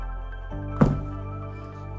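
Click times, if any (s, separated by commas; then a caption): 0.8 s. Two laminate flooring planks are joined end to end to make one longer piece, with steady background music throughout. At 0.8 seconds the end joint gives a small pop as it seats into the adjoining plank.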